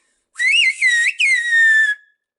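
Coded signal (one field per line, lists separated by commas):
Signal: whistled language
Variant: Silbo herreño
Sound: a short clear whistle gliding up and down, three connected syllables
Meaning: Good night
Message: buenas noches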